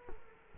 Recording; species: mosquito wingbeat signal from an infrared sensor; Culex quinquefasciatus